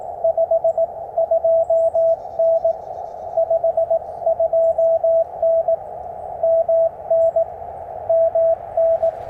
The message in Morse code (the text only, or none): 52N 52N MN MN